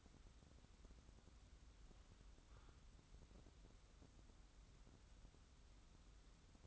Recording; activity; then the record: daily activity, microphone in the room; wipe stove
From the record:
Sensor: 3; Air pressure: 994.4 hPa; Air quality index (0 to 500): 210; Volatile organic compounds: 1000 ppm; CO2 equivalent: 7000 ppm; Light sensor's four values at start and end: 195/470/198/196 and 197/473/199/197